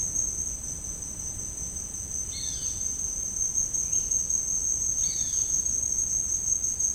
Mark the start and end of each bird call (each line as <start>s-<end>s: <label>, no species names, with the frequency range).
2.25s-5.48s: bird call (1.5-5.7 kHz)